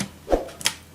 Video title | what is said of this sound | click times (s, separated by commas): Laptop me SSD kaise Lagaye How to install SSD in Laptop | देखिए automatic lock हो गया। | 0.7 s